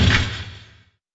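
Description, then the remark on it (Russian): A single heavy blow of Gandalf's staff against the wrought-iron doors of Saruman's tower, a loud booming clang with a deep low resonance that fades out over nearly a second. “Гэндальф силой ударил жезлом в ее кованые створки.”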